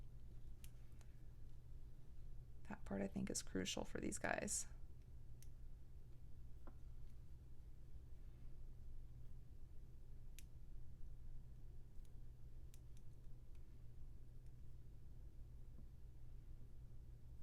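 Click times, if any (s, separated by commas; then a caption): none. A tiny metal clamshell bead tip is being handled over a cord knot, pressed closed with the fingers, while someone talks early in the clip. Faint small clicks and handling sounds are heard against a low background hum, but nothing has seated or clicked shut yet.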